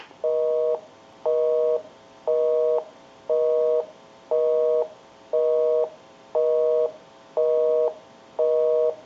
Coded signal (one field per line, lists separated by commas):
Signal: telephone call progress tone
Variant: North America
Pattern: busy tone